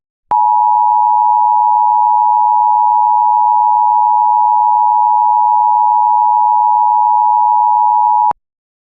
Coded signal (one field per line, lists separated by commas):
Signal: Emergency Alert System (SAME) tones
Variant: 853 and 960 Hz attention tone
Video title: EAS Mock Scenario: "Wicked Rats"